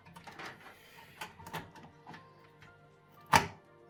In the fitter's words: she clicks into place